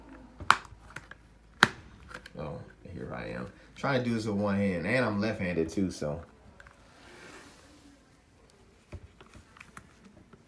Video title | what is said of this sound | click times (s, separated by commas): Wahl Magic Clip And Cordless Designer Battery Change | holes line up and then they'll snap right into place Here | 0.5 s, 1.6 s